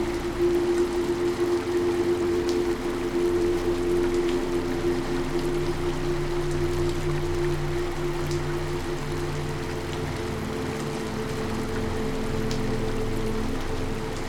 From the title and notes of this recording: Through the big open window, you can hear the steady patter of raindrops, harmonizing with the gentle murmur of the nearby river.